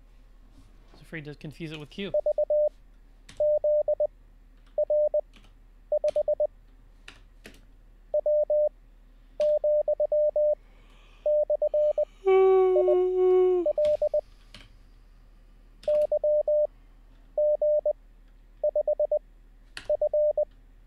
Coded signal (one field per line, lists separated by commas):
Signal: Morse code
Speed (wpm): 20 wpm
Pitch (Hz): 600 Hz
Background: speech, radio noise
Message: VZR5 W,/IL YG5F